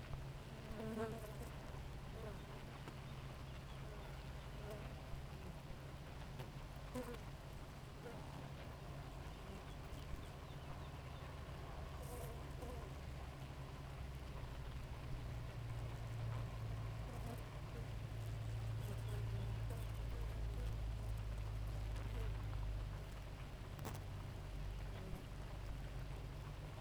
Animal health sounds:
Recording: honeybee colony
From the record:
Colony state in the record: active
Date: 28 July 2017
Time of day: 4:10

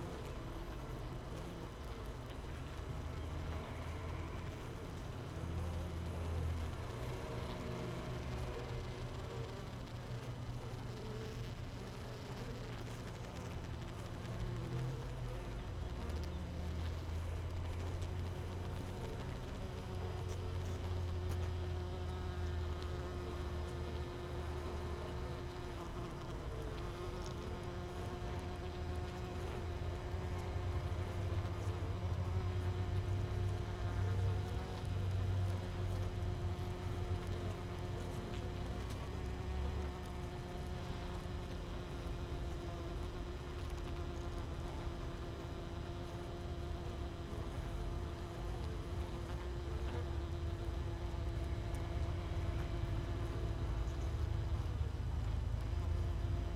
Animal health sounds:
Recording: honeybee colony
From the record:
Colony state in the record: missing queen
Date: 31 May 2018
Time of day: 6:22

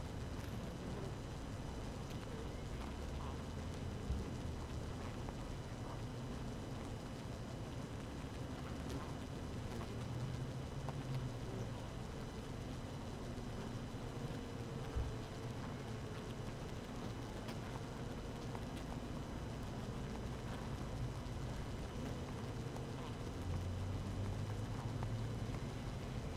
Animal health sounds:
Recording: honeybee colony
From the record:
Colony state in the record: active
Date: 12 June 2018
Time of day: 7:00

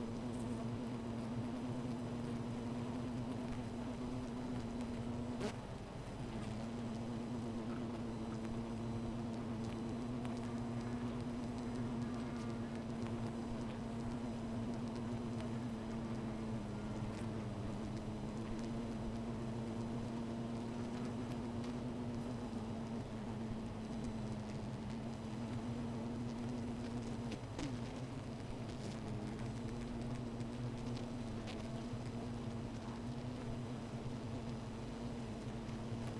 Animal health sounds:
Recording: honeybee colony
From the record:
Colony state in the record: missing queen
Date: 14 July 2017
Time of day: 16:14

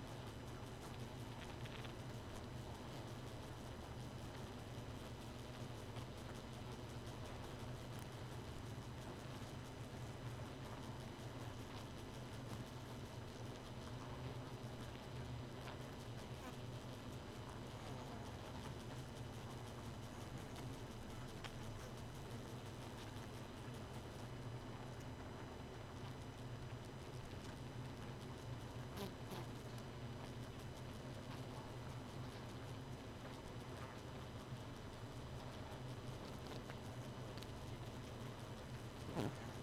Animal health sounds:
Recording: honeybee colony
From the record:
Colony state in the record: missing queen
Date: 31 May 2018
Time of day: 2:11

